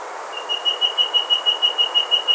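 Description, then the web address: Rusty-breasted antpitta song: a steady, rapid series of high, pure whistled notes on one pitch, over faint background hiss. Andean bird of South America. "S America Andean Birds Rusty-Breasted Antpitta (Grallaricula Ferrugineipectus)"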